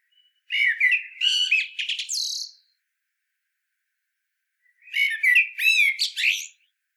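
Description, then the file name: Common blackbird giving two separate warbled phrases, each starting with fluty notes and ending in high, scratchy squeaks, with a long silence between. "Turdus merula"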